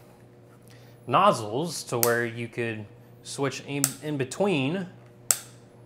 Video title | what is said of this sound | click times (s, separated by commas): UNBOX AND CHAT : ACTIVE 2 0 PRESSURE WASHER ULTIMATE PACKAGE BY OBSESSED GARAGE | right a very nice click to let you know that you're there hard to get better than that | 5.3 s